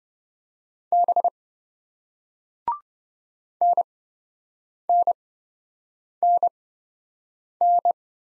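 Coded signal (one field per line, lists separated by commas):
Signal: Morse code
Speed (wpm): 26 wpm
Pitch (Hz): 700 Hz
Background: none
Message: B NNNN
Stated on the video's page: Morse single-letter practice drill in speed-racing format, starting fast and slowing to a 20 wpm base; the final repeat is sent at maximum speed.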